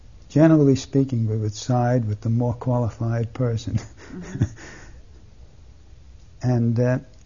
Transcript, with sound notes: Generally speaking, we would side with the more qualified person. (He laughs)
Uh-huh.
And